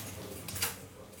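A quiet kitchen background with a couple of brief, bright clinks of dishes and cutlery in quick succession, then a low steady hum.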